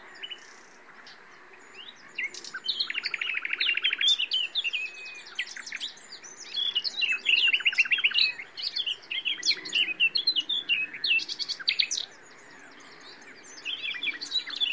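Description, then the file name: Common nightingale song: a rapid rattling run of repeated notes, then varied loud chirps and whistles in dense phrases, a short pause and a fresh burst near the end. "Luscinia megarhynchos"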